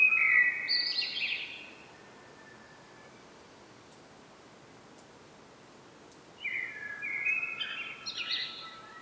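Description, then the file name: Common blackbird delivering two separate fluty song phrases, one at the start and one near the end, with several seconds of quiet between them. "Turdus merula"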